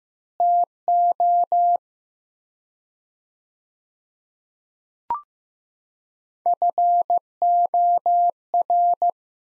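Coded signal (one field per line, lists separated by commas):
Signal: Morse code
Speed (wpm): 15 wpm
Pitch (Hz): 700 Hz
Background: none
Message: TO FOR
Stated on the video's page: Practice sets of four words at 15 wpm with 4x word spacing, Farnsworth-like; each sent in Morse, spoken, then sent again.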